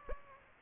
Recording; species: mosquito wingbeat signal from an infrared sensor; Aedes aegypti